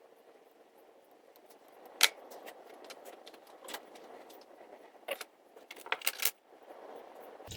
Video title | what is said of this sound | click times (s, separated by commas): How To Rebuild Zero Turn Mower CARBURETORS! -- Easy step-by-step process | Okay, so it looks like the new clip that came with the carburetor rebuild set was too small. It didn't want to go It didn't um want to snap into place. | none